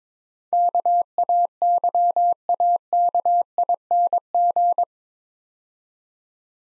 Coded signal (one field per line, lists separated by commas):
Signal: Morse code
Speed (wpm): 26 wpm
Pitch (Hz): 700 Hz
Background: none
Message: KAYAKING